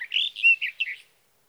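Sage thrasher, a brief burst of warbled, slurred notes including a clear whistle, lasting about one second before quiet.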